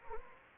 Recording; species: mosquito wingbeat signal from an infrared sensor; Anopheles gambiae